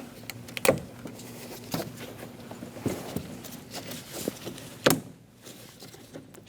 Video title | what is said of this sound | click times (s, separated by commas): How to Replace Front Window Crank Handles 2003-2025 Chevrolet Express 2500 | Push until you hear it click into place. Give it a pull. Make sure it's locked on. | 4.9 s